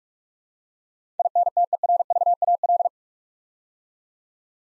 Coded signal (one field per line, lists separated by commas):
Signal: Morse code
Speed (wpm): 44 wpm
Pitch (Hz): 700 Hz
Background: none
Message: INTERVAL